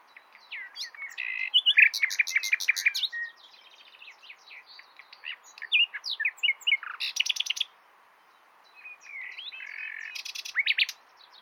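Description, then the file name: Common nightingale singing varied phrases: rapid rattling trills, sharp upslurred whistles and buzzy notes, broken by short pauses, with a steady low hiss behind. "Luscinia megarhynchos"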